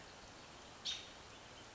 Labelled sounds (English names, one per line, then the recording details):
American Robin
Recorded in Sonoma County, California